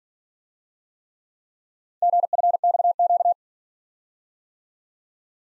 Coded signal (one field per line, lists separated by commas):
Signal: Morse code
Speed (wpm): 48 wpm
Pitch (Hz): 700 Hz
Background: none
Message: GFXQ